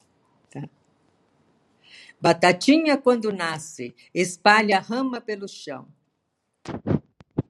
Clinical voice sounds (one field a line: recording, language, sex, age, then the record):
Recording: short text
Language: Brazilian Portuguese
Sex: female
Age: 70 to 79 years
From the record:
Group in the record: control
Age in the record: 78 years